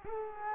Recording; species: mosquito wingbeat signal from an infrared sensor; Culex quinquefasciatus